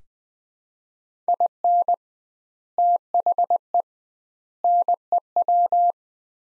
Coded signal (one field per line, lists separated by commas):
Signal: Morse code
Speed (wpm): 20 wpm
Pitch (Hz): 700 Hz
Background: none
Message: IN THE NEW